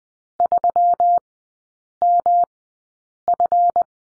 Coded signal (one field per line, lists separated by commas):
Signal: Morse code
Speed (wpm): 20 wpm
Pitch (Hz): 700 Hz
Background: none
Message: 3MF